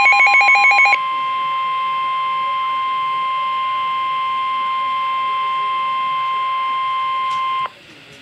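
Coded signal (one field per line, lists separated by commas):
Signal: Emergency Alert System (SAME) tones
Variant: 1050 Hz attention tone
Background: speech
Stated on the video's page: Real severe thunderstorm warnings issued by the National Weather Service with EAS activation requested.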